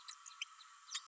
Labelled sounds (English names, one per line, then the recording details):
Green-rumped Parrotlet babbling
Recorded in a nest box in Venezuela
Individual 18B104A3